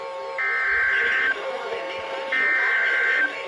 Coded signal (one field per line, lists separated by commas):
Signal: Emergency Alert System (SAME) tones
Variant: header bursts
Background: speech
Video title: Severe Thunderstorm Warning (EAS#441/443)